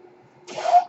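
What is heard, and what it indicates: Quiet, then a brief hissing rush of air with a faint tone: a home mechanical ventilator delivering a breath, heard in the background between a man's phrases.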